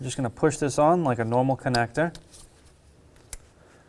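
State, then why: Seated. Someone talks, then a plastic wiring harness electrical connector with a red locking tab is pushed onto the ignition coil of a 2015-2019 Hyundai Sonata like a normal connector. A single sharp click is heard at 3.3 s as its latch catches, and the connector is seated.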